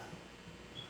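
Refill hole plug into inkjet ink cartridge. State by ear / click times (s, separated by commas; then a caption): not seated / none. A refill plug is handled at the fill hole of an HP 972 inkjet ink cartridge after refilling, producing only faint, low handling noise for under a second. Nothing has seated or clicked yet.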